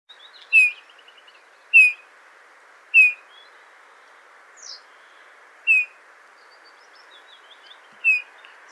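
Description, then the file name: Eurasian bullfinch calls: mellow piping notes sliding downward, repeated at uneven intervals, with a brief higher chirp and soft twitters. "Pyrrhula pyrrhula"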